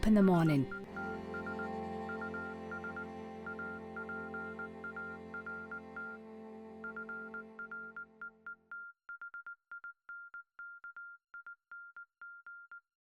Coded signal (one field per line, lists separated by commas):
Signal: Morse code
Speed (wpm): 19 wpm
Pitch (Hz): 1400 Hz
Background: speech, music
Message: SETS US APART FREETHINKING